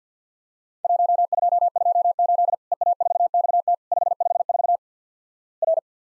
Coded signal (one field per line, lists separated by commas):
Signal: Morse code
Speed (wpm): 49 wpm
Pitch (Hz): 700 Hz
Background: none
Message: 1228 EA4XT 554 R